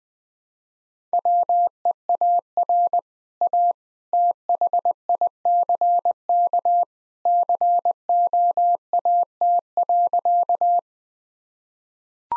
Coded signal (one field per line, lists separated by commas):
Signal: Morse code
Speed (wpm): 21 wpm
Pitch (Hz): 700 Hz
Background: none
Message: WEAR A THICK COAT.